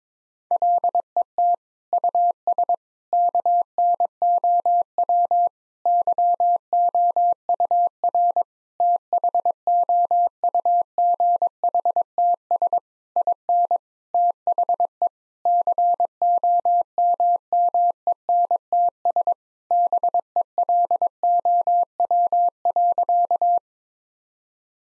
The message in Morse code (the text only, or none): LET US KNOW YOUR THOUGHTS IN THE COMMENTS BELOW.